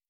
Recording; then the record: hydrophone in a shrimp aquaculture tank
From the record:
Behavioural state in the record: starved